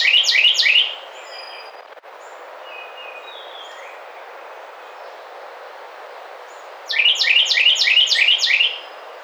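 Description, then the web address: Carolina wren: the end of a loud ringing song at the start, then faint bird notes and a soft click, before another loud song of rapidly repeated phrases. Recorded 27 May 2009. "Carolina Wren 2009 05 27"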